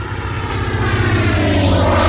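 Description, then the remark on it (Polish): A propeller plane passing overhead: a steady, throbbing engine drone with a rushing roar on top, swelling slightly louder over two seconds. No one speaks. “Się obejrzeliśmy, już przeleciała nasza ulubiona czwarta 44, 44, 44, 44.”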